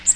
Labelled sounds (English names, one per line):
Blue-winged Warbler flight call